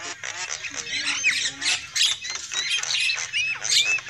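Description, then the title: Lovebird calls, dense shrill chatter with short upslurred whistles and harsh squeaks, continuous and overlapping. Lure call used for trapping lovebirds. "PIKAT BURUNG LOVEBIRD"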